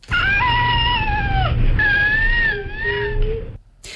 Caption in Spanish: El llanto real de un bebé con este síndrome. Una alteración genética provocada por la pérdida de una parte del cromosoma 5. El sonido es especialmente agudo. El síndrome se llama precisamente cri du chat, porque es este sonido, este llanto, recuerda al maullido de un gato.